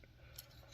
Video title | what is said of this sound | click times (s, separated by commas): Let's Build Crossfight B-Daman CB-38 Drift Peacock | and just snap it on in | 0.4 s